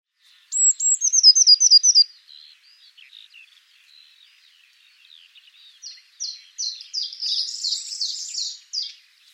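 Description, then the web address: Eurasian blue tit: a loud, quick trill of high hooked notes, soft scattered ticks, then harsher buzzy churring notes building toward the end. "cianscape birddata Deverinetal 2025 File origin Bird Only Cy Ca"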